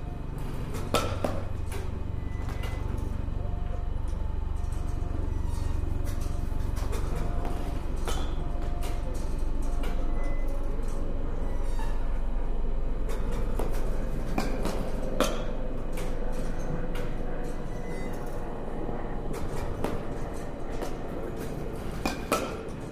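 Batting cage sounds: a steady low machine rumble runs throughout, under a busy wash of background noise. Sharp cracks and knocks ring out irregularly every few seconds, some in quick clusters, with faint tonal whines drifting in and out.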